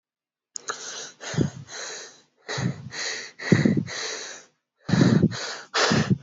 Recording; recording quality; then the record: shallow breathing; excellent, no background noise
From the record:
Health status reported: exposed to COVID-19, no respiratory illness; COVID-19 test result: not tested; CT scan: not taken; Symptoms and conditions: none ticked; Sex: male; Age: 20 years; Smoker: no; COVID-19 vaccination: both doses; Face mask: not worn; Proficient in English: yes